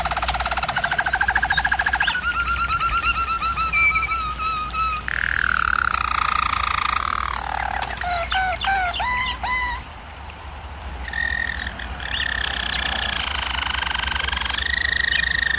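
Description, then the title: German Roller canary song mixing smooth rolled trills with a run of sharp, rapidly repeated swooping notes, a brief lull, then renewed steady rolls. German Roller canary singing, for canary training. "German Roller Canary Singing - Canary Training Vid"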